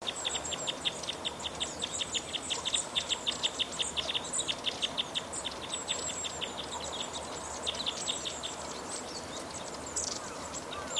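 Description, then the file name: Crossbill calls, a long dense series of quick clipped notes, rapid and steady, over a faint thin high whistling in the background. "isuka"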